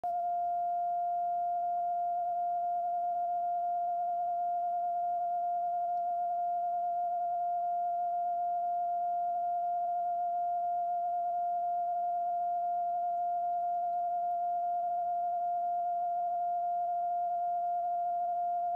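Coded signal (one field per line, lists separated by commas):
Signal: radio time signal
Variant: TDF Allouis carrier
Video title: Time Signal Allouis France 162 Long Wave CW Received In Romford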